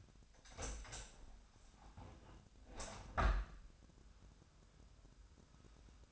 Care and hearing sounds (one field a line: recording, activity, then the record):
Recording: daily activity, microphone in the room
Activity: open window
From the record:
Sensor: 2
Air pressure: 1006.5 hPa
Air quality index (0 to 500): 204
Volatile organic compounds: 15 ppm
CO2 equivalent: 2496 ppm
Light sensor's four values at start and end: 9/21/9/9 and 9/22/9/9